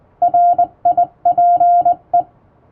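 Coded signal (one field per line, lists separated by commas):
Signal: Morse code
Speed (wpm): 19 wpm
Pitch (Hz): 700 Hz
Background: radio noise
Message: RIPE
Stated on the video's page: Hand-keyed Morse sent on a vertical straight key with correct posture, a basic sending lesson using an English-language telegram practice book.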